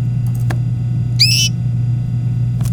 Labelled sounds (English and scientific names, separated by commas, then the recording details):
Domestic Canary (Serinus canaria) song
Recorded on 24 April 2018 at 18:28
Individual llb3